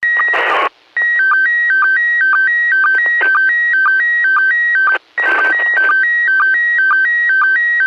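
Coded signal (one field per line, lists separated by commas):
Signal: SSTV (slow-scan television)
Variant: PD 120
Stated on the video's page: SSTV net on the 145.390 Lansing and 146.700 repeaters, heard via live stream.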